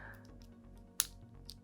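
A metal heat shield (heatsink cover) is pulled off a motherboard's M.2 slot after some resistance, against quiet background music. It releases with a sharp click at 1.0 s, followed by a softer tick around 1.5 s, and the cover comes off.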